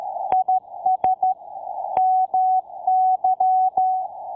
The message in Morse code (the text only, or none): IS MY